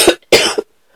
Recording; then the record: coughing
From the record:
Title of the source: 55 gaggy wet cough